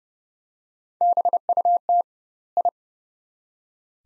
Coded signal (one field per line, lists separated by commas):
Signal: Morse code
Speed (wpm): 32 wpm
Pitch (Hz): 700 Hz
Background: none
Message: BUT I